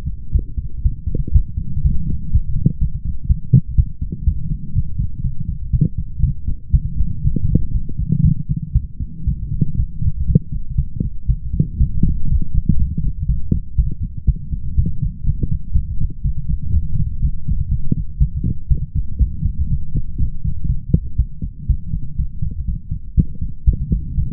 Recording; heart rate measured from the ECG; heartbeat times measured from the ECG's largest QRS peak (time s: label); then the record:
heart sounds by stethoscope; 121 bpm
0.32 s: heartbeat
0.82 s: heartbeat
1.32 s: heartbeat
1.82 s: heartbeat
2.31 s: heartbeat
2.79 s: heartbeat
3.27 s: heartbeat
3.76 s: heartbeat
4.24 s: heartbeat
4.73 s: heartbeat
5.22 s: heartbeat
5.71 s: heartbeat
6.21 s: heartbeat
6.71 s: heartbeat
7.22 s: heartbeat
7.72 s: heartbeat
8.22 s: heartbeat
8.73 s: heartbeat
9.25 s: heartbeat
9.75 s: heartbeat
10.26 s: heartbeat
10.76 s: heartbeat
11.27 s: heartbeat
11.78 s: heartbeat
12.28 s: heartbeat
12.77 s: heartbeat
13.27 s: heartbeat
13.76 s: heartbeat
14.26 s: heartbeat
14.75 s: heartbeat
15.24 s: heartbeat
15.73 s: heartbeat
16.22 s: heartbeat
16.71 s: heartbeat
17.20 s: heartbeat
17.69 s: heartbeat
18.18 s: heartbeat
18.68 s: heartbeat
19.18 s: heartbeat
19.68 s: heartbeat
20.18 s: heartbeat
20.67 s: heartbeat
21.17 s: heartbeat
21.67 s: heartbeat
22.17 s: heartbeat
22.66 s: heartbeat
23.15 s: heartbeat
23.65 s: heartbeat
24.15 s: heartbeat
From the record:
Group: healthy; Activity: light exercise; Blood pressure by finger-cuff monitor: 115/78 mmHg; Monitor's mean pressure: 88 mmHg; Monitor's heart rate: 121 bpm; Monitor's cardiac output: 8.9 L/min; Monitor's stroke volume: 73 mL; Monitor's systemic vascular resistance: 730 dyn s/cm5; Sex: female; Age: 19 years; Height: 163 cm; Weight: 48.9 kg